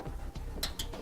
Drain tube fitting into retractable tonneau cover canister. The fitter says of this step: we go just two clicks now